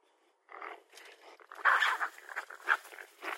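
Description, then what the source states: Raccoon giving a run of harsh, noisy chittering calls in short bursts, louder toward the middle, with several loud squealing peaks. Recorded 2012-06-05.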